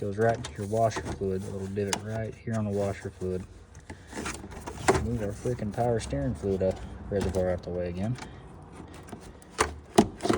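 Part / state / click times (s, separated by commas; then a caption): plastic fluid reservoir onto its bracket / seated / 9.6 s, 10.0 s. On a 2011–2020 Chrysler Town & Country / Dodge Grand Caravan, during a purge valve solenoid replacement, the plastic power steering fluid reservoir is moved back and pressed onto its mounting divots on its bracket by the washer fluid. Someone talks through most of the clip amid light handling noises, then sharp plastic clicks come at 9.6 s and 10.0 s as the reservoir pops into place and is seated.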